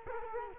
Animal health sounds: mosquito wingbeat signal from an infrared sensor; Culex quinquefasciatus

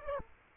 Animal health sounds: mosquito wingbeat signal from an infrared sensor; Aedes aegypti

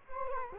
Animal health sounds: mosquito wingbeat signal from an infrared sensor; Culex quinquefasciatus

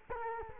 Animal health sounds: mosquito wingbeat signal from an infrared sensor; Culex quinquefasciatus

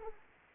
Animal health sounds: mosquito wingbeat signal from an infrared sensor; Anopheles arabiensis

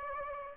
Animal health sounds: mosquito wingbeat signal from an infrared sensor; Aedes aegypti

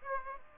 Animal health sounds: mosquito wingbeat signal from an infrared sensor; Aedes aegypti

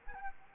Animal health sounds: mosquito wingbeat signal from an infrared sensor; Anopheles arabiensis

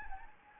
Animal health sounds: mosquito wingbeat signal from an infrared sensor; Anopheles gambiae

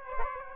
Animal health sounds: mosquito wingbeat signal from an infrared sensor; Aedes aegypti

